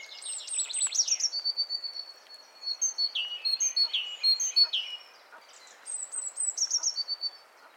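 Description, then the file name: Great tit calls, quick sharp chirps and slurred high notes in three bursts separated by short quieter gaps. "Parus major"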